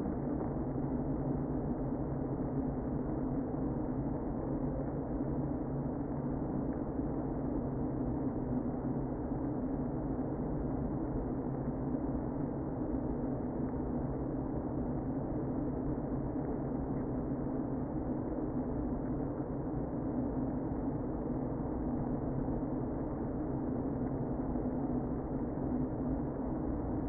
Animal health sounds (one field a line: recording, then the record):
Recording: honeybee colony, microphone inside the hive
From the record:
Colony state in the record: queen present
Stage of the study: before two queens were removed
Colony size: about 60,000 bees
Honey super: yes